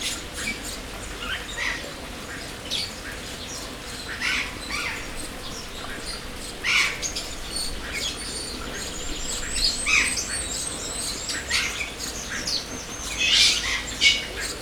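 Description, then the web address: Birds chirping in a busy chorus, scattered tweets and squawks, with a fast rippling high trill in the second half over constant background hiss. Birds in an aviary at Jászberény Zoo, recorded in 2016. "allathangok jaszberenyizoo 2016 professzionalis madarak ropde"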